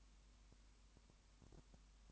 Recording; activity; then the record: daily activity, microphone in the room; no activity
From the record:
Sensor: 1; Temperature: 19.2 degrees Celsius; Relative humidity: 37.8%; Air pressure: 1001.1 hPa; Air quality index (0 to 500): 197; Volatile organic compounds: 7 ppm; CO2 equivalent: 1995 ppm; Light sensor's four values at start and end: 1/2/1/1 and 1/2/1/1